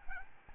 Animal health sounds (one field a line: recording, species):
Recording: mosquito wingbeat signal from an infrared sensor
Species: Aedes albopictus